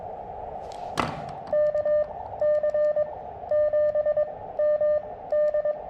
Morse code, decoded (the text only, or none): KC7MD